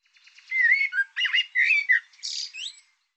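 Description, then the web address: Bird song as one continuous phrase of slurred whistles and chattery notes that climbs to higher, brighter notes near the end. Sound labelled "Tu Me Tu Me". "cianscape birddata Deverinetal 2025 Bird Tu Me Tu Me"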